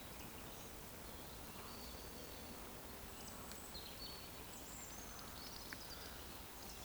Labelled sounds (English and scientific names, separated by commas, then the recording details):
Eurasian Woodcock (Scolopax rusticola) whistle
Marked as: whistle, whistle, whistle
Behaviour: display flight
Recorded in Baden-Württemberg, Germany, on 15 June 2020 at 20:03 UTC
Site 14569, 102 m above sea level